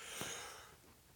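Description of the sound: A single short, muffled sneeze from an adult, mostly a burst of hiss with little voice behind it, followed by a fading breathy tail. It is stifled and held in, so it sounds dampened rather than explosive, as if through a silencer, and it clears the nostril.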